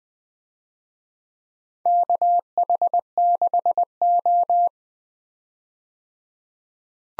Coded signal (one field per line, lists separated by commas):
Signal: Morse code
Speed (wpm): 20 wpm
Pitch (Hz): 700 Hz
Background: none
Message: KH6O